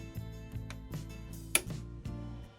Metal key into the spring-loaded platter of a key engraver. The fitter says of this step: pops right in the spring is on the top